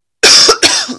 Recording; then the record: coughing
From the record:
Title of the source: November cold (wet coughing)